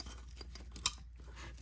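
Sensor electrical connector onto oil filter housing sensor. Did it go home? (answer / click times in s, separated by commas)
yes / 0.9 s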